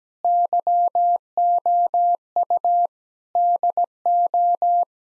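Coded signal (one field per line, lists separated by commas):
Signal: Morse code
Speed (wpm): 17 wpm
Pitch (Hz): 700 Hz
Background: none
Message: YOU DO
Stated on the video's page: Morse practice at 17 wpm: sentences with common eight-word phrases, first words spoken, then sent, spoken, and sent again.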